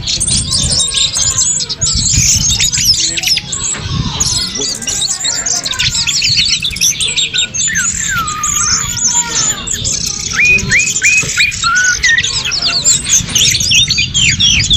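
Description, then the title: Bird song from several birds at once, busy high chirps and trills overlapping, with a few clear upslurred whistles repeated near the end. "SuaraBurung Kicau3"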